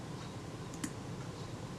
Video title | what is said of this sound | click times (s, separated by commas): Servicing a Kodak Retina II type 011 film camera part 04 | can feel them I'm giving a bit of a riddle I would feel them click into place so | 0.8 s